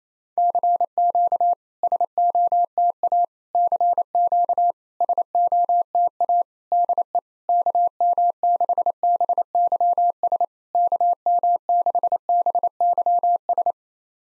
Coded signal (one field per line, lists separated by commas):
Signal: Morse code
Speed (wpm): 28 wpm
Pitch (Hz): 700 Hz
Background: none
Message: CQ SOTA CQ SOTA DE KM6BYS KM6BYS